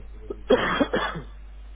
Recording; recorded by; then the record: voluntary cough; telephone call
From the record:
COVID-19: positive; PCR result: checked with the laboratory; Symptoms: yes